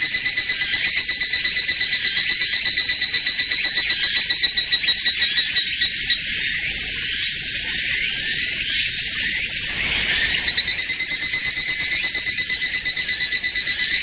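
Evening cicada calling in high shrill pulsed bursts, a quieter stretch midway, then the rhythmic pulsing returns with a clear tonal whine.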